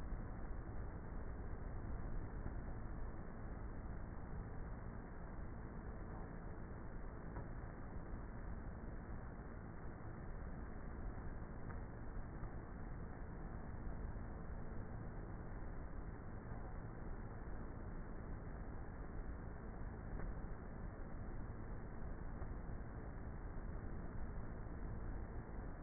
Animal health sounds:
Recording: honeybee colony, microphone inside the hive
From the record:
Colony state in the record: queenless with a low population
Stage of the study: before two queens were removed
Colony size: about 30,000 bees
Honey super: no

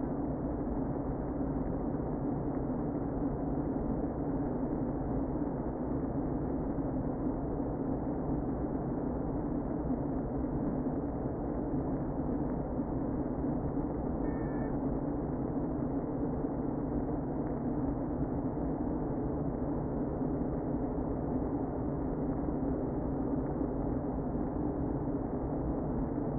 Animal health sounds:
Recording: honeybee colony, microphone inside the hive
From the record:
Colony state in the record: queen present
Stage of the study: before two queens were removed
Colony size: about 60,000 bees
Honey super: yes

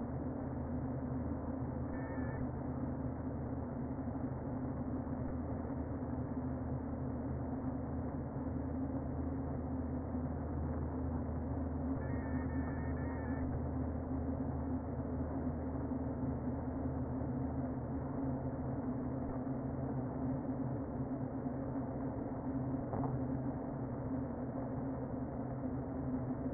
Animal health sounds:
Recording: honeybee colony, microphone inside the hive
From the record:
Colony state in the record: queen present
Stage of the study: before two queens were removed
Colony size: about 60,000 bees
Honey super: yes

